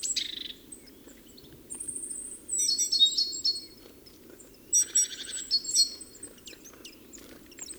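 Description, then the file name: Great tit calls: scattered high chirps and thin whistles, with two short buzzy rattling bursts, over a steady low hum. "Parus major"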